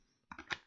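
A 7.4 V 1600 mAh battery pack is pushed into a FreeNet handheld radio. A couple of soft scraping, sliding contacts come first, then the pack latches with a short, sharp click at 0.5 s. It is seated and locked in.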